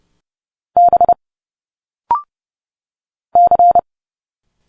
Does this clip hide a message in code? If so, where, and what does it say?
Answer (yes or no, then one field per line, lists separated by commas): yes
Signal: Morse code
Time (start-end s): 0.8-3.8 s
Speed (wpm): 30 wpm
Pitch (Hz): 700 Hz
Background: none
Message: B C